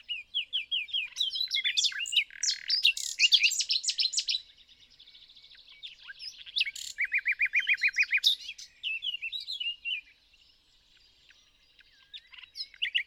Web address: SETE data Luscinia megarhynchos